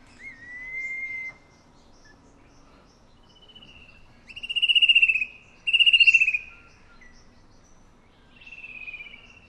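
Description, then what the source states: Fan-tailed berrypecker calls: a drawn-out thin whistle, then two strong buzzy pulsed notes about a second apart, and a softer buzzy note near the end. Papua New Guinea.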